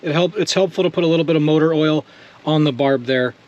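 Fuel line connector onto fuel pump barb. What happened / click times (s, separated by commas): Handled, not yet home: fuel line not yet seated on its fitting / none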